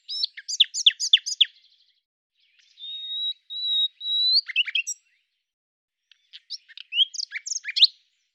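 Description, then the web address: Common nightingale song: rapid repeated sharp notes, a long drawn-out pure whistle, then a burst of varied chirps and trills. "cianscape birddata Deverinetal 2025 Bird"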